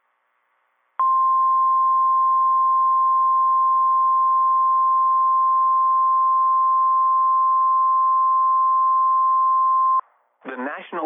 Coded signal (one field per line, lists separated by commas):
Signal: Emergency Alert System (SAME) tones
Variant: 1050 Hz attention tone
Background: speech